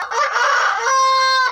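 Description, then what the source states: Rooster giving a loud, hoarse crow, a raspy opening that settles into a steady drawn-out final note. Rooster Bayo in Miami, rescued just before a Santeria priest was to slit his throat.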